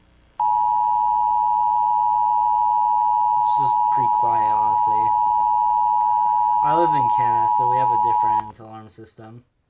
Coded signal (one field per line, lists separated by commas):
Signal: Emergency Alert System (SAME) tones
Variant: 853 and 960 Hz attention tone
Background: speech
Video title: Reacting to EAS alarms around the world